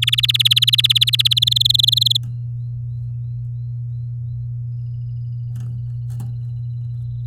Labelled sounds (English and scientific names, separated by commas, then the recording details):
Domestic Canary (Serinus canaria) song
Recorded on 9 May 2018 at 14:30
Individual llb16